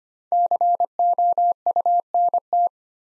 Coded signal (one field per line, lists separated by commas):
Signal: Morse code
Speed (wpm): 25 wpm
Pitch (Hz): 700 Hz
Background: none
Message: COUNT